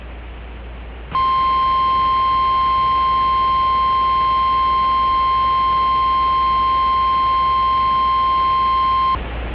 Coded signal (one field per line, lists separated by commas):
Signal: Emergency Alert System (SAME) tones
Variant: 1050 Hz attention tone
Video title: [EAS SCENARIO / ANALOG HORROR] - COLD FRONT FROM HELL